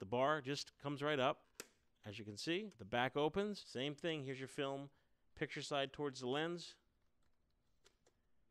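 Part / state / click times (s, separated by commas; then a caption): instant film pack into a pack camera back / not seated / none. Someone talks while handling a color pack camera: its metal side bar comes up, the back opens, and an instant film pack is brought toward the camera back, picture side toward the lens. The speech ends around 6.8 s, followed by quiet with a faint tick near 7.9 s. The film pack has not seated or clicked into place yet.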